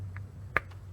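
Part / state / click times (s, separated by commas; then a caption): spark plug wire boot onto spark plug / seated / 0.6 s. On a Toyota Tacoma, the number two spark plug wire boot is pushed down the hole onto the spark plug. A faint tick is heard at 0.2 s, then one sharp pop at 0.6 s as the boot seats onto the plug, followed by a soft tick at 0.7 s over a low steady hum.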